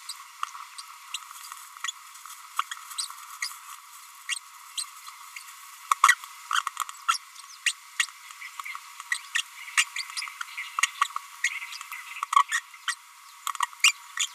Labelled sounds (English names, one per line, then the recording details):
Green-rumped Parrotlet babbling
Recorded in a nest box in Venezuela
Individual 18B25A3